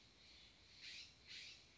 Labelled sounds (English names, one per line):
Steller's Jay